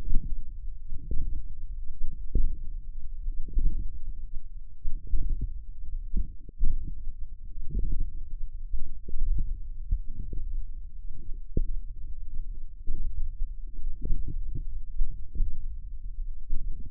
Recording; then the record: forearm muscle sounds (acoustic myography)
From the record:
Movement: ulnar deviation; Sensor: system 1, eight BSWA MPA416 microphones around the upper forearm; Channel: 8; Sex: male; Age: 20 years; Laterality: left